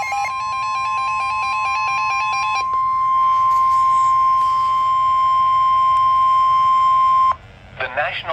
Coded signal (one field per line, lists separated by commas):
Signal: Emergency Alert System (SAME) tones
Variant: 1050 Hz attention tone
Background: speech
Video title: EAS 2 2ND RARE SNOW SQUALL WARNING